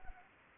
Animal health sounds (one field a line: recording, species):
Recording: mosquito wingbeat signal from an infrared sensor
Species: Anopheles arabiensis